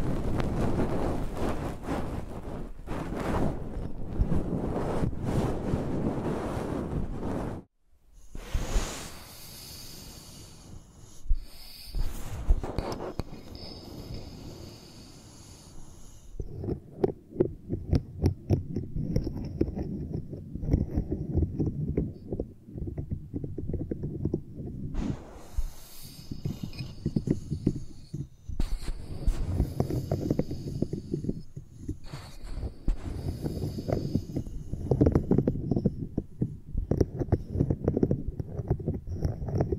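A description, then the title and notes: A microphone is used like a pencil, rubbed and scraped across a surface in dense, low, rumbling strokes. There is a brief break just before eight seconds, then sharper, brighter scratches around ten to sixteen seconds and again near twenty-five, over a constant thudding handling noise. Using Mics as Pencils (No Talking).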